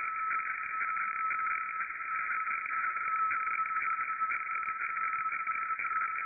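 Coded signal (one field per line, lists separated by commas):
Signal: weather fax (radiofax)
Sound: steady raspy warbling tone band with a constant low whine, rhythmic faint ticking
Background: radio static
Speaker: here's an example of a modem fax you'll be able to see the actual decoder uh drawing an image it looks like of the Russian Coastline take a look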